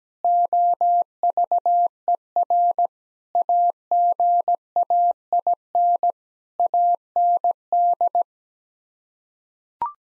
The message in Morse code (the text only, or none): OVER AGAIN AND